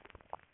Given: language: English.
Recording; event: throat vibration sensor signal played as sound; swallow